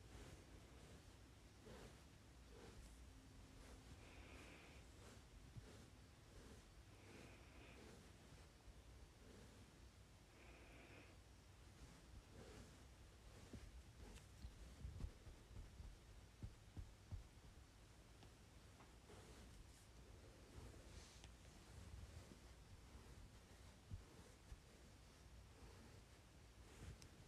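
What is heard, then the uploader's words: A makeup brush sweeps in a steady, dense rustle with a low rumbling undertone. Brief brighter squeaky tones appear near 4, 7 and 10 seconds, and small ticks and taps cluster later, around 15 to 24 seconds. Makeup Brush.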